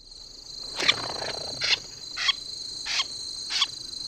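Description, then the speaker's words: Wilson's Snipe flush calls: five harsh, raspy bursts about every two-thirds of a second over a steady high whine. Flush call given when the bird is scared off the ground, heard most often on wintering grounds in the Deep South; wing beats audible as the microphone was close. "First, let's listen to the snipe's flush call when scared off the ground."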